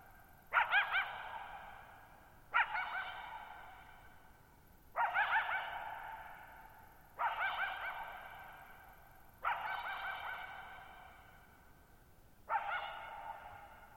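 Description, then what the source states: Coyote giving harsh, wavering barks about every two to three seconds, each bark ringing on in a long fading echo over a quiet background. Lone coyote at night, July 14, 2019, Thirtymile Meadows, Okanogan National Forest, Okanogan High Country, Pacific Northwest, 6400 ft (1950 m); high dry plateau, shallow-bowl meadow.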